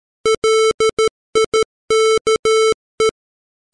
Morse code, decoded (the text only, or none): LIKE